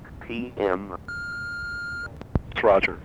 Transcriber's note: phone beeps